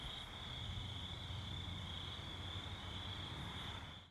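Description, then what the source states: Crickets give a continuous high trilling drone over a noticeable low rumble, fading out at the end. Night ambience with crickets.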